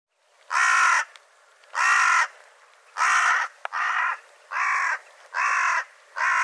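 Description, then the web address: Bird giving several harsh, hoarse caws, each about half a second long. "cianscape birddata"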